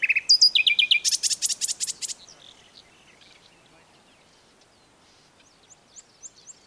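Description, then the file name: Common nightingale song: a whistled opening, then a rapid loud rattling trill fading out, followed by faint high notes. "Luscinia megarhynchos"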